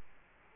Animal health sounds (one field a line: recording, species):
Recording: mosquito wingbeat signal from an infrared sensor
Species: Culex quinquefasciatus